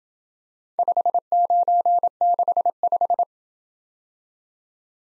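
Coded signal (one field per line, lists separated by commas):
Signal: Morse code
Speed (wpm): 28 wpm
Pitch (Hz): 700 Hz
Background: none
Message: 5965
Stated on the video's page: Computer-generated Morse practice of four-character letter-number groups in Speed-Racing format, starting fast and slowing to a 20 wpm base; fastest speed is 1.5x the slowest.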